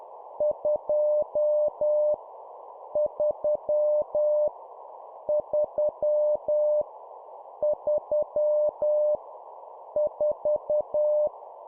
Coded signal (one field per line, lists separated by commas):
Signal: Morse code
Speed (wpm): 10 wpm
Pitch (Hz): 600 Hz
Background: none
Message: 2 3 3 3 4